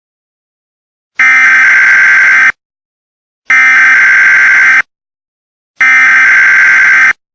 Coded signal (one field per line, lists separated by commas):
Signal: Emergency Alert System (SAME) tones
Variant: header bursts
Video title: (EAS Scenario) The Prion (Filler)